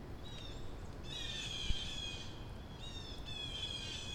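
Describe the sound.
Crow chatter: a few bursts of rapid, high, squeaky pulsed notes, with a soft click.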